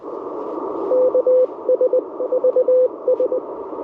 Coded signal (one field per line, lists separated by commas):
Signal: Morse code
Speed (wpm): 20 wpm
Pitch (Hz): 510 Hz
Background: radio noise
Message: KSVS